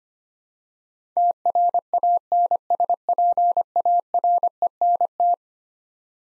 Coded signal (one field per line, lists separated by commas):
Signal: Morse code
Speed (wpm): 25 wpm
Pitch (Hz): 700 Hz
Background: none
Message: TRANSPARENT